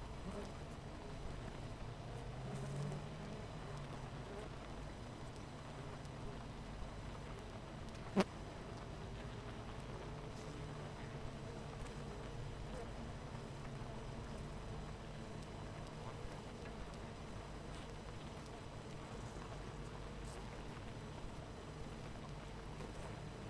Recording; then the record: honeybee colony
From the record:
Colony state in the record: missing queen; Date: 14 July 2017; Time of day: 8:52